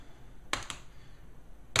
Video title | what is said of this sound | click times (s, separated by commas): Laptop screen replacement How to replace HP Pavilion g6 screen | you'll hear it pop like that | 0.5 s